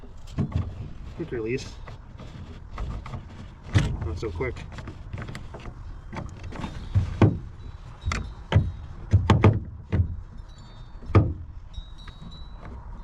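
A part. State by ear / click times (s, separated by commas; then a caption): not seated / none. A Garmin 73SV fish finder unit is handled and pushed onto its plastic quick-release mount base on a boat while someone talks. A series of sharp knocks and taps is heard, with the loudest around 7.2, 8.1, 9.3, 9.4 and 11.2 seconds. Nothing has seated or clicked into place yet by the end.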